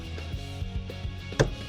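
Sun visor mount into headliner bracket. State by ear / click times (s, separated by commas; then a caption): seated / 1.4 s. The plastic sun visor mount on a 2025 Honda Civic is pushed into its headliner ceiling bracket and turned, with a little help, since it may take a few tries, over a steady music bed. A single sharp click sounds at 1.4 s as the mount seats back into position.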